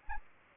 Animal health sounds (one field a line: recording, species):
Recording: mosquito wingbeat signal from an infrared sensor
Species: Anopheles gambiae